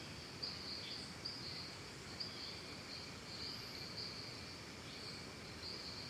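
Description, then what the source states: Cricket chorus as a continuous high-pitched trill, slightly pulsing, over a quiet hissing natural background with a few faint clicks. Calm forest and jungle ambience recorded in Costa Rica.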